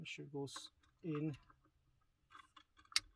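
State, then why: Seated. A plastic wiring harness connector for a 2017 Dodge Ram 1500 radio install is pushed into its mating socket on the radio interface adapter while someone talks. A few faint plastic ticks come during the push, and a sharp click at 3.0 s shows the connector locking into place, seated.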